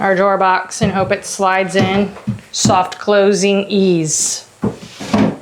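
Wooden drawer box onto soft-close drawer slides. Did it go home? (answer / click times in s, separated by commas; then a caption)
no / none. Someone talks while a wooden drawer box is handled into position to be clicked onto its soft-close drawer slides, with a brief sharp sound near 5.1 s. The clip ends before the box goes home, so nothing has seated or clicked yet.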